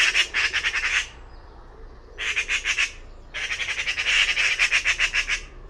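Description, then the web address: Bird uttering harsh stuttering call series, three bursts of quick buzzy pulses, the last the longest at about two seconds. Call type labelled "Pi Pi Pi Pi" class, bird-only dataset, 2025. "cianscape birddata Deverinetal 2025 File origin Bird Only More Classes Pi Pi Pi Pi"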